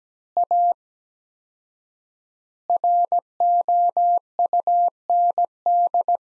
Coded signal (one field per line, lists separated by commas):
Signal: Morse code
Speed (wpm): 17 wpm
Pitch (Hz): 700 Hz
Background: none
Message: A ROUND